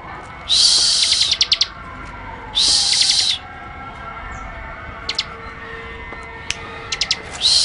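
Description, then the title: Bird song: two bright, buzzy bursts of rapid high chirps, each about a second long, followed by scattered short ticking notes and the start of another burst. "SuaraBurung Kicau1"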